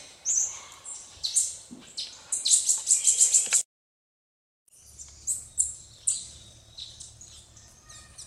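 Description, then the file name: Red-necked Tanager song: high thin notes, then a quick buzzy trill of rapid repeated notes, followed by a brief silent break and more scattered high chirps. "canto-da-saíra-militar"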